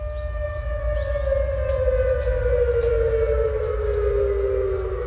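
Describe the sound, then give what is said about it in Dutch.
An air raid siren in Seoul, South Korea, sounding the alarm after a failed North Korean satellite launch, wails in one long, loud, sustained tone that slowly sinks in pitch, with a steady low rumble underneath and no voices. “Zoals in Seoul hier te horen, de hoofdstad van Zuid-Korea. Correspondent Gary van Pinksteren, Gary, loeiende sirenes.”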